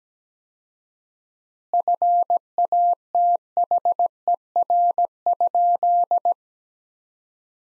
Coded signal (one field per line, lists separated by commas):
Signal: Morse code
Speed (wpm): 17 wpm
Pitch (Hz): 700 Hz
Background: none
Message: FATHER?